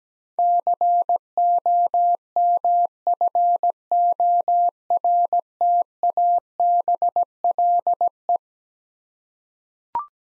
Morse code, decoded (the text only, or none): COMFORTABLE